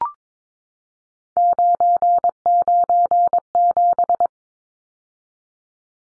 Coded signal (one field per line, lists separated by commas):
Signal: Morse code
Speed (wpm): 22 wpm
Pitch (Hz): 700 Hz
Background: none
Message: 997